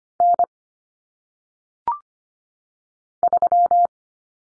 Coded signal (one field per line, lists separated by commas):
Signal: Morse code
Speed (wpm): 25 wpm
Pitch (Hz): 700 Hz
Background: none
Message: N 3